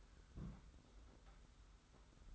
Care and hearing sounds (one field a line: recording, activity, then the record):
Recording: daily activity, microphone in the room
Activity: place on stove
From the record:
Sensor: 3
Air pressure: 991.1 hPa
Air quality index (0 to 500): 102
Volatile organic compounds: 35 ppm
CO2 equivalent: 3069 ppm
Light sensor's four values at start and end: 45/124/51/44 and 45/124/51/44